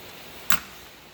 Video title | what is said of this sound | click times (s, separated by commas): Replacing multifuel injection pump boost pump seal ( video 1 of 2) | because these old flathead screws suck. One slip and they're stripped out, and then | 0.5 s